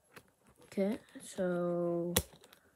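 A small metal padlock is handled on a diary, its shackle not yet pressed into the lock body, while someone talks. Faint handling rustles and a few brief ticks follow, but the shackle has not yet snapped shut or seated.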